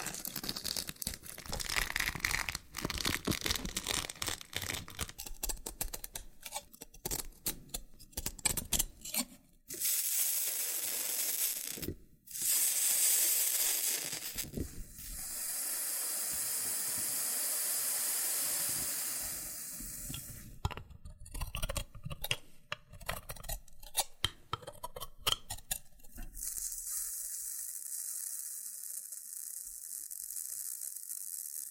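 Loofah scratching and peeling, with dense bursts of crackling, popping and crinkling through the first ten seconds. A bright, steady hiss of rubbing fills the stretches around 10 to 12 and 15 to 20 seconds, then scattered pops return before a softer, even hiss closes.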